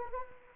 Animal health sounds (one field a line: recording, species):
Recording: mosquito wingbeat signal from an infrared sensor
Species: Anopheles arabiensis